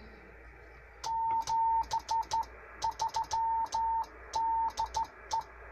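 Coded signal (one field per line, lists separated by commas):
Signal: Morse code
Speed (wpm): 14 wpm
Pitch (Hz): 900 Hz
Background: none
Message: 73 DE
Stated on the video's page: CW from a vintage 1960s Drake 2NT Novice CW-only transmitter, crystal-controlled frequency.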